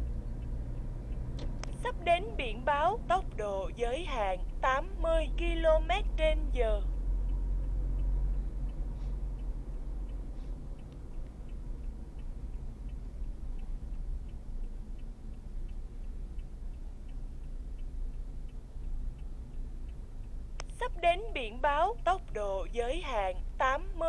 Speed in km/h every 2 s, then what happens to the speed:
50, 51, 51, 53, 51, 45, 37, 32, 27, 21, 21, 19.
0-7 steady at about 51. 7-24 slows to 19.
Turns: none.